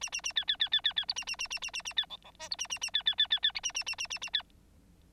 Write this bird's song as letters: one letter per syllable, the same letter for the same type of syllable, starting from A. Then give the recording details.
A A A B B B B B B C A A A A A A A B D D E C A A A B B B B B A A A A A A B. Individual Bird9